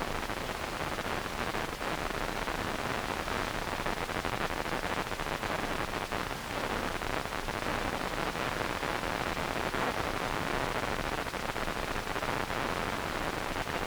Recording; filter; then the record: brain microelectrode recording played as sound; wide band, above 20 Hz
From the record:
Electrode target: subthalamic nucleus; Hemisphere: right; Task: reaching with the left hand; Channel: 2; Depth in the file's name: 5.102 mm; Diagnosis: Parkinson's disease